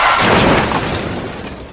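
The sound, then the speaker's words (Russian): A loud explosion tearing apart a blue SUV hit by an under-barrel grenade launcher: a dense roar of crackling, shattering debris over a heavy low rumble, already at full force and fading only slightly over about two seconds. “Подствольник выстрелил по синему внедорожнику. Взрыв разнес машину.”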